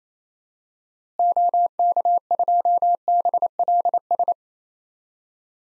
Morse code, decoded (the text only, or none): OK2BLS